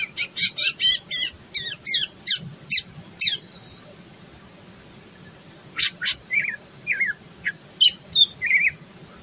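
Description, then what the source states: Greater green leafbird song: a rapid series of sharp high notes for several seconds, a pause, then spaced slurred whistles and chips. In full song, a style called gacor.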